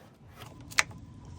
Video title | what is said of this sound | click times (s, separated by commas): 2001 Suburban LED Tail Lights And Hyper Flash Relay Install. | There it is. You heard the snap. | 0.8 s